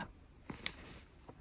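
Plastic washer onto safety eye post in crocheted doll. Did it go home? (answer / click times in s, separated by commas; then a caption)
yes / 0.5 s, 0.7 s. A plastic washer is pressed onto a safety eye post in a crocheted doll, pressed once more after the first two clicks to make sure it is fully on. Two sharp clicks are heard at 0.5 s and 0.7 s, the second much louder and brighter. The washer is seated.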